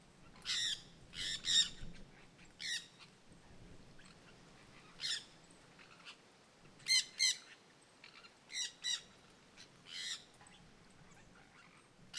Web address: Jandaia verdadeira cantando na mata. terra ronca